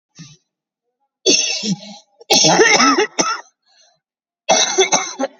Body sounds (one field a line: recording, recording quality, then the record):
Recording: heavy voluntary cough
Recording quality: excellent, no background noise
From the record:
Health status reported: COVID-19 positive, moderate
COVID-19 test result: positive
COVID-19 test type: RT-PCR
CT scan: taken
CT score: 5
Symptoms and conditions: cough, cold, breathing difficulty, fever, fatigue, muscle pain, loss of smell and taste, diarrhoea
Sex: female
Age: 65 years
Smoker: no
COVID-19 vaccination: one dose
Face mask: worn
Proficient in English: yes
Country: India